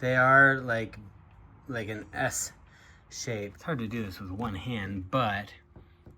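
A new S-shaped cam latch on an RV storage/propane compartment door is being turned by hand against the door frame while someone talks. Nothing has seated or clicked yet; the latch has not locked in place by the end of the clip.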